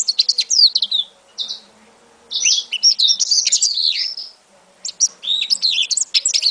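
African citril singing in three bursts of fast, high, tinkling and slurred notes separated by short silences.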